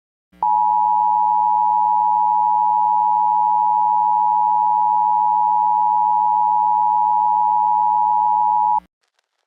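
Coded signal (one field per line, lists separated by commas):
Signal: Emergency Alert System (SAME) tones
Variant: 853 and 960 Hz attention tone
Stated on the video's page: Fictional EAS scenario, a National Alert.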